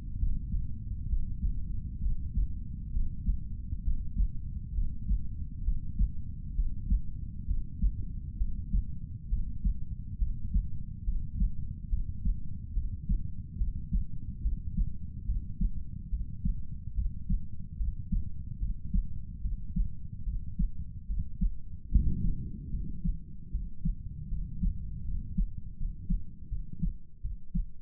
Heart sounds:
heart sounds by stethoscope; 71 bpm
0.18 s: heartbeat
1.08 s: heartbeat
2.01 s: heartbeat
2.91 s: heartbeat
3.83 s: heartbeat
4.74 s: heartbeat
5.63 s: heartbeat
6.54 s: heartbeat
7.46 s: heartbeat
8.37 s: heartbeat
9.29 s: heartbeat
10.18 s: heartbeat
11.04 s: heartbeat
11.89 s: heartbeat
12.74 s: heartbeat
13.58 s: heartbeat
14.42 s: heartbeat
15.25 s: heartbeat
16.10 s: heartbeat
16.95 s: heartbeat
17.77 s: heartbeat
18.59 s: heartbeat
19.41 s: heartbeat
20.24 s: heartbeat
21.07 s: heartbeat
21.89 s: heartbeat
22.71 s: heartbeat
23.52 s: heartbeat
24.30 s: heartbeat
25.05 s: heartbeat
25.77 s: heartbeat
26.49 s: heartbeat
27.22 s: heartbeat
From the record:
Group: healthy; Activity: breath hold 0-22 s, rest 22-28 s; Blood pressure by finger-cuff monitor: 105/56 mmHg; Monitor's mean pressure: 72 mmHg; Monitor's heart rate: 70 bpm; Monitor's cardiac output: 7 L/min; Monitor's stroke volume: 102 mL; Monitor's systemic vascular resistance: 710 dyn s/cm5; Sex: male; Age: 35 years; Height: 180 cm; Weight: 86.9 kg

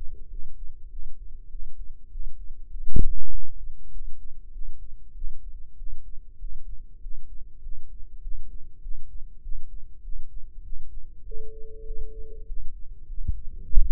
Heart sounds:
heart sounds by microphone in the left ear; 99 bpm
0.28 s: heartbeat
0.88 s: heartbeat
1.49 s: heartbeat
2.09 s: heartbeat
2.69 s: heartbeat
3.30 s: heartbeat
3.90 s: heartbeat
4.51 s: heartbeat
5.13 s: heartbeat
5.76 s: heartbeat
6.38 s: heartbeat
7.00 s: heartbeat
7.60 s: heartbeat
8.21 s: heartbeat
8.80 s: heartbeat
9.41 s: heartbeat
10.02 s: heartbeat
10.62 s: heartbeat
11.23 s: heartbeat
11.84 s: heartbeat
12.45 s: heartbeat
13.07 s: heartbeat
13.68 s: heartbeat
From the record:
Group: healthy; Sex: male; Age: 19 years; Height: 178 cm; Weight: 83 kg

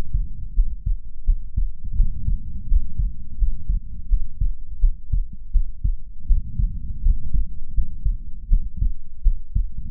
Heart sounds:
heart sounds by stethoscope; 83 bpm
0.53 s: heartbeat
1.23 s: heartbeat
1.94 s: heartbeat
2.66 s: heartbeat
3.36 s: heartbeat
4.07 s: heartbeat
4.78 s: heartbeat
5.50 s: heartbeat
6.25 s: heartbeat
7.01 s: heartbeat
7.72 s: heartbeat
8.47 s: heartbeat
9.21 s: heartbeat
From the record:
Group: healthy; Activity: rest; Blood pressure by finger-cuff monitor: 102/62 mmHg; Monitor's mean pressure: 76 mmHg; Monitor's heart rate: 83 bpm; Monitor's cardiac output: 6.9 L/min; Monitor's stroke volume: 83 mL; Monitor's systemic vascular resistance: 790 dyn s/cm5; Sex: female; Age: 26 years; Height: 165 cm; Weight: 55 kg

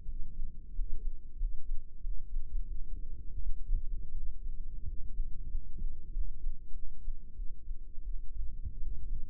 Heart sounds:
heart sounds by microphone in the right ear; 89 bpm
0.03 s: heartbeat
0.71 s: heartbeat
1.35 s: heartbeat
1.99 s: heartbeat
2.66 s: heartbeat
3.40 s: heartbeat
4.12 s: heartbeat
4.82 s: heartbeat
5.47 s: heartbeat
6.09 s: heartbeat
6.70 s: heartbeat
7.33 s: heartbeat
8.02 s: heartbeat
8.76 s: heartbeat
From the record:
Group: healthy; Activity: cold pressor test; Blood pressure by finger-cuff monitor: 127/88 mmHg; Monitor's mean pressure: 102 mmHg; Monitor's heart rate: 87 bpm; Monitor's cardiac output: 6.5 L/min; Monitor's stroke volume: 75 mL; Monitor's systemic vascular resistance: 1120 dyn s/cm5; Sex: male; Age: 21 years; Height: 180 cm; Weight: 67.5 kg

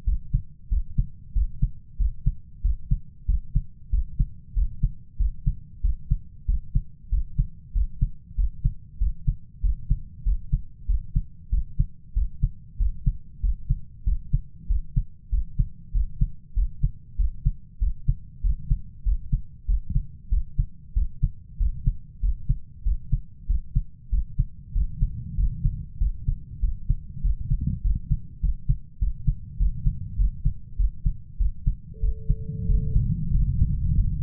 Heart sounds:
heart sounds by stethoscope; 96 bpm
0.07 s: heartbeat
0.72 s: heartbeat
1.36 s: heartbeat
2.00 s: heartbeat
2.64 s: heartbeat
3.29 s: heartbeat
3.93 s: heartbeat
4.56 s: heartbeat
5.20 s: heartbeat
5.84 s: heartbeat
6.48 s: heartbeat
7.12 s: heartbeat
7.75 s: heartbeat
8.38 s: heartbeat
9.01 s: heartbeat
9.64 s: heartbeat
10.26 s: heartbeat
10.89 s: heartbeat
11.52 s: heartbeat
12.16 s: heartbeat
12.80 s: heartbeat
13.43 s: heartbeat
14.07 s: heartbeat
14.70 s: heartbeat
15.32 s: heartbeat
15.95 s: heartbeat
16.57 s: heartbeat
17.19 s: heartbeat
17.81 s: heartbeat
18.44 s: heartbeat
19.06 s: heartbeat
19.68 s: heartbeat
20.32 s: heartbeat
20.96 s: heartbeat
21.60 s: heartbeat
22.23 s: heartbeat
22.86 s: heartbeat
23.49 s: heartbeat
24.12 s: heartbeat
24.75 s: heartbeat
25.38 s: heartbeat
26.00 s: heartbeat
26.62 s: heartbeat
27.24 s: heartbeat
27.84 s: heartbeat
28.43 s: heartbeat
29.01 s: heartbeat
29.60 s: heartbeat
30.19 s: heartbeat
30.79 s: heartbeat
31.40 s: heartbeat
32.03 s: heartbeat
32.69 s: heartbeat
33.34 s: heartbeat
33.97 s: heartbeat
From the record:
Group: healthy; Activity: rest 0-32 s, breath hold 32-34 s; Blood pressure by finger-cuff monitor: 132/76 mmHg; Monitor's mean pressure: 93 mmHg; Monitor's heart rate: 96 bpm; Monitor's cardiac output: 7.8 L/min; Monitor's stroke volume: 82 mL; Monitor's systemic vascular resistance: 880 dyn s/cm5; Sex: male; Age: 21 years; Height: 175 cm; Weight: 72.6 kg

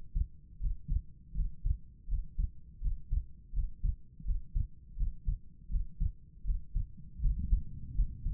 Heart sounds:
heart sounds by stethoscope; 82 bpm
0.59 s: heartbeat
1.33 s: heartbeat
2.07 s: heartbeat
2.80 s: heartbeat
3.52 s: heartbeat
4.23 s: heartbeat
4.95 s: heartbeat
5.69 s: heartbeat
6.43 s: heartbeat
7.19 s: heartbeat
7.94 s: heartbeat
From the record:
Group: healthy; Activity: rest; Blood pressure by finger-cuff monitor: 103/75 mmHg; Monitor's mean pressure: 84 mmHg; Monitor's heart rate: 81 bpm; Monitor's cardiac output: 5.6 L/min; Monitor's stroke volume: 71 mL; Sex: female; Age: 32 years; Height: 172 cm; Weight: 71.7 kg

